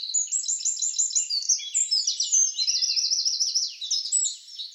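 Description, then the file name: Eurasian wren giving a vigorous high song of fast repeated notes that merge into ringing trills, fading slightly at the close. "Troglodytes troglodytes"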